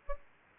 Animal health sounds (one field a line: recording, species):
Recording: mosquito wingbeat signal from an infrared sensor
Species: Aedes albopictus